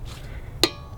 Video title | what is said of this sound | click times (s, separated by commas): I’ve Just Been Called Out About My Car Repairs and I Need to Address This | it click then this one | 0.6 s